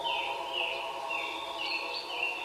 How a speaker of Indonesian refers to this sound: Mereka melihat burung putih bernyanyi di pohon. Mereka menunggu di sana untuk mendengarkan burung bernyanyi.